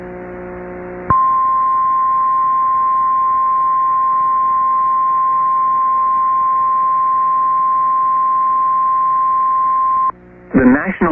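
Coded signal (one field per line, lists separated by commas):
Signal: Emergency Alert System (SAME) tones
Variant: 1050 Hz attention tone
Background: speech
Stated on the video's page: Real Severe Thunderstorm Warnings issued by NWS Spokane, relayed by FM broadcast station, recorded from an online live stream.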